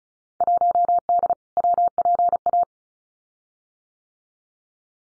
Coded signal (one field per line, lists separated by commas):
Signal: Morse code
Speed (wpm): 36 wpm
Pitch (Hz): 700 Hz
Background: none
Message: 1D WPA